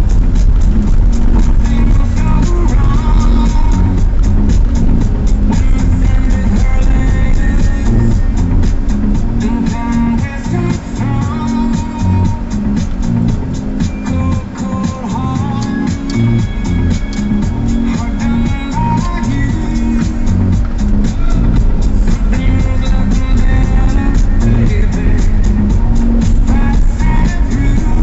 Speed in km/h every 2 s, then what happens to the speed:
20, 19, 19, 18, 9, 5, 9, 2, 10, 10, 16, 18, 17, 17.
0-6 steady at about 19. 6-9 brakes to 5. 13-21 speeds up to 18. 21-28 steady at about 17.